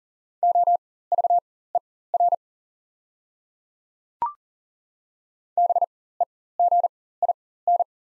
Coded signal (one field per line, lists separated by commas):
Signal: Morse code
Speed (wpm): 40 wpm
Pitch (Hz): 700 Hz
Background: none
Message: OVER BEGIN